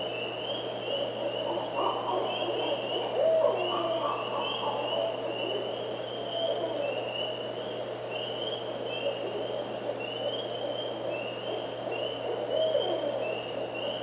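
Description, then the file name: Barred Owl giving low, muffled hooting notes beneath a steady, pulsing insect chorus that trills continuously at a high pitch throughout. Northern subspecies. "Strix varia - Northern Barred Owl"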